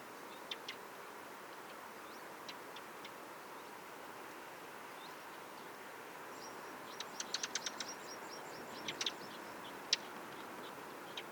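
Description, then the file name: Ring ouzel calls: hard, dry clicking notes, a few scattered early, then a quick rattling burst of tacks partway through, over steady hiss. "Ringtrast"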